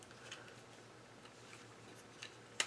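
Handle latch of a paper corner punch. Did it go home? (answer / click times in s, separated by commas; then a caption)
released / 2.6 s. A locked paper corner-rounder punch is opened until its handle latch releases and the handle springs open. Over a quiet, steady low hum with a few faint ticks, including a small one near 2.2 s, a sharp, bright snap rings out at 2.6 s as the latch lets go.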